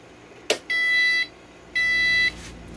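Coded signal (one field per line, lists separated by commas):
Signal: beep code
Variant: PC BIOS POST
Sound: a click, then two long buzzy beeps of about half a second each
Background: small room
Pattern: 2 long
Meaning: Two long beeps signal a general POST failure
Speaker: I think most of the BIOS beep codes were the same for this I think what we're getting is general post failure and then memory checksum failure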